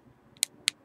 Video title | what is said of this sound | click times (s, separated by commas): iPhone 4 16Gb VS Samsung Galaxy S3 16Gb | it makes a clicking noise. This is the back cover just pushing in because it doesn't actually sit firmly. | 0.4 s, 0.7 s